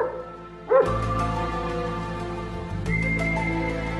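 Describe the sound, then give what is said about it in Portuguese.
A mongrel dog lets out a sharp bark, followed by drawn-out, whining vocal tones that hold steady and then shift pitch near the end. “Esse cachorro vira-lata aí não deve ter nada de interessante para falar, não.”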